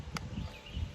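A loaded Gen 4 magazine is pushed into the magazine well of a Glock 21 pistol, making one brief sharp knock at about 0.2 s over low rustling handling noise. The magazine does not go in or latch because it catches on a little catch inside the well, so nothing has seated or clicked.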